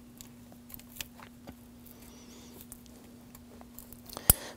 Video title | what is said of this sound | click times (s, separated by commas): How to Replace Camshaft Position Sensors 2010-2019 Ford Taurus 3.5L V6 | Push that down. You're going to feel and hear it click into place. | 4.3 s